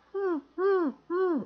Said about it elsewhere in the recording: Grew up with Tourette's syndrome since I was like 2 with Tourette's, you have a vocal tic and a motor tic. One of my tics was, I would. Hoot like an owl.